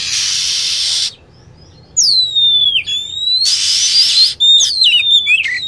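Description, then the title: Lovebird calls: a drawn-out downward whistle, then rapid chirps, with loud hissing noise at the start and middle. Lure sound used to attract lovebirds. "PIKAT BURUNG LOVEBIRD"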